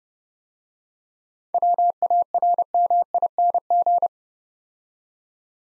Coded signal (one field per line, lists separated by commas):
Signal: Morse code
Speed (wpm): 30 wpm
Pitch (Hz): 700 Hz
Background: none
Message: WARMING